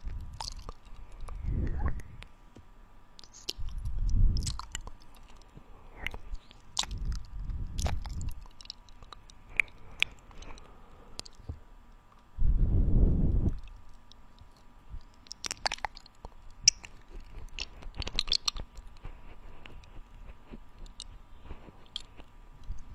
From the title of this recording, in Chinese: 口腔音，弹舌